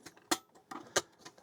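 Pressing the release point on the door latch of a Franklin Ace 10's 5.25-inch floppy disk drive makes the latch spring open, with sharp, loud clicks at 0.3 s and 1.0 s among faint small ticks. The door is released, though the latch is overly clicky and its track needs lubricant.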